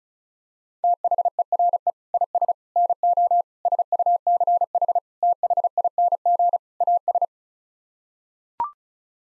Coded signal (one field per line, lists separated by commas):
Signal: Morse code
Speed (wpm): 34 wpm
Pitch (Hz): 700 Hz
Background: none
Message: THERE IS NO SUCH THING AS